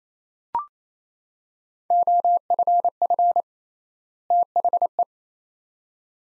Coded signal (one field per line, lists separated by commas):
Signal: Morse code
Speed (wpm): 28 wpm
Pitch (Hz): 700 Hz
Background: none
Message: OFF THE